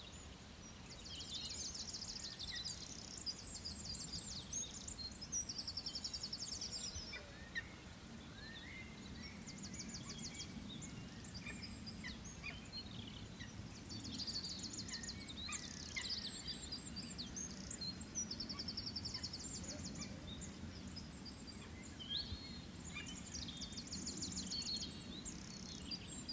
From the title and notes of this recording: Peregrines calling from crags in the Brecon Beacons. In this episode, it's late afternoon in early April 2021 and we're at a rocky escarpment in the southern Brecon Beacons. It's a clear sunny day and a pair of peregrine falcons are prospecting for a nest site on the crags of old quarried cliff faces. Recorded by Fergus Collins.